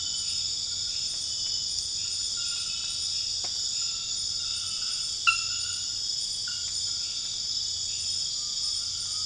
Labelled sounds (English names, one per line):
none